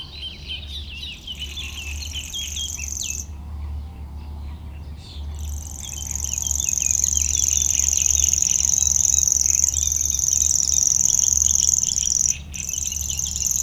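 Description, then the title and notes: Common Grasshopper Warbler giving a sustained, very high mechanical reel that stops for about two seconds and then resumes, while other small birds chatter and whistle in the background. Rare bird in a reedbed at Châtillon beach, north of Lac du Bourget, France. "Dans la roselière de la plage de Châtillon au Nord du lac du Bourget, une rare locustelle tachetée"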